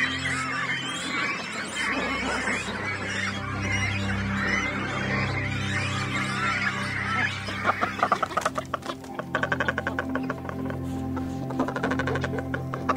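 Cormorant calls, dense chatter giving way to rough rattling croaks in rapid irregular bursts in the second half, over a steady low hum.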